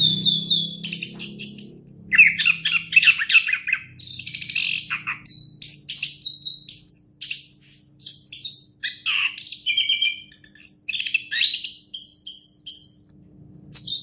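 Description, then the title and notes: Orange-headed thrush singing a long, fast jumble of trills, high squeaks and chirps, nearly unbroken, over a low background rumble. Competition-winning singer, described as a national champion. "Anis Kembang Juara Nasional. kicau anis kembang"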